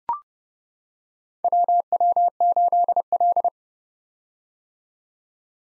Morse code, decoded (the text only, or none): WW8L